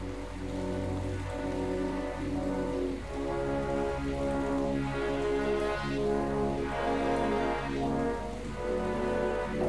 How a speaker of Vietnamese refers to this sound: Hôm nay trời mưa đó.